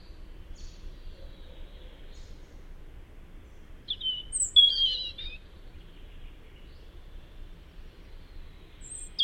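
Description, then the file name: European robin song: a short burst of high, squeaky, warbling notes midway, with faint thin notes before and after over soft background noise. "Erithacus rubecula"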